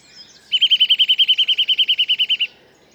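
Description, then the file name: Eurasian nuthatch trill, a fast even series of about twenty clear whistled notes lasting two seconds at steady pitch, with quiet background. "Sitta europaea"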